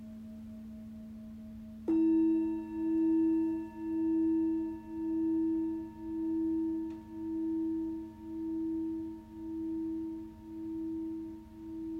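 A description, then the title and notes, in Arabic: Tibetan singing bowls and crystal bowls ring out. A soft hum holds for the first two seconds, then a bowl is struck and sings with a steady, clear tone that swells and fades in slow, even pulses about every second. A faint tap comes near seven seconds. تقدّم عايشة رمضان في هذه الحلقة جلسة علاج بالصوت عبر استخدام تقنية أوعية الغناء التبتية والأوعية الكريستالية .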